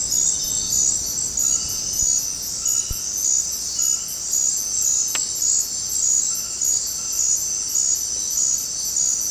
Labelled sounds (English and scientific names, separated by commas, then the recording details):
none
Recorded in dense forest near Puerto Asís, Putumayo, Colombia, on 13 March 2025 at 21:00
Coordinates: 0.500, -76.322
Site GP06